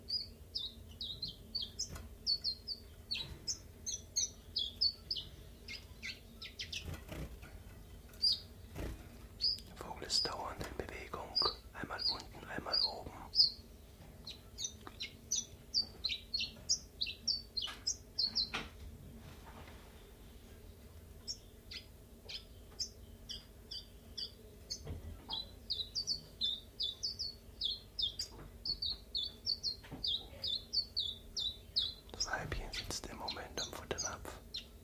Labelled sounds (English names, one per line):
Common Chiffchaff